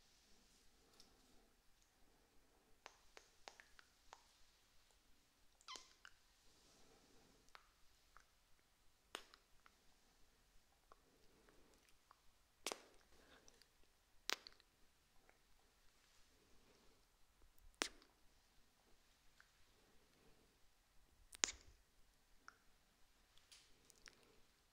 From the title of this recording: ASMR Kiss Sounds